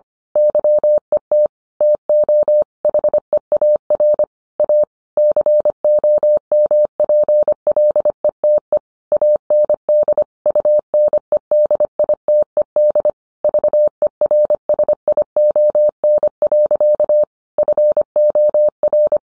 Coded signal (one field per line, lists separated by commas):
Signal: Morse code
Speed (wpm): 25 wpm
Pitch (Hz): 600 Hz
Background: none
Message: YET TO HEAR A COMPLETE AND UNEDITED VERSION. FOR